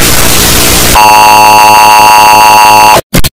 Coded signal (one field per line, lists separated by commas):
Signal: Emergency Alert System (SAME) tones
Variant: 853 and 960 Hz attention tone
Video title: eas alarm earape (volume warning)